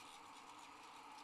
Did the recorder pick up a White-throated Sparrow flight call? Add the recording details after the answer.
no. No flight call is heard. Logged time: 08:43 on 30 November 2014